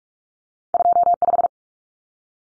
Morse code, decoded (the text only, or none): 25